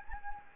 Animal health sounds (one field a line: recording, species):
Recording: mosquito wingbeat signal from an infrared sensor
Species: Anopheles gambiae